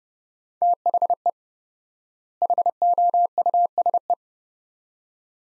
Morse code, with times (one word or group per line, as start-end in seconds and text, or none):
0.6-1.3 THE
2.4-4.1 HOUSE